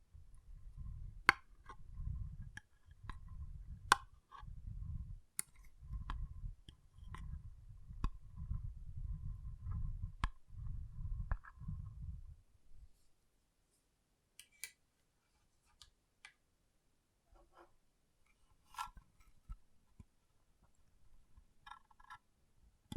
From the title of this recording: Soothing & Deep Water Beads Sounds